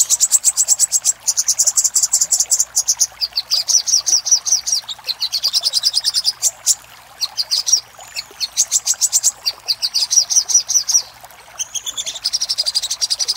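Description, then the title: Little spiderhunter song made of long, fast runs of piercing high chips, some blurring into rattles, with a few short pauses between runs. Master recording made for training caged birds; Indonesian name Sogok Ontong. "Masteran Burung Sogok Ontong Labaik"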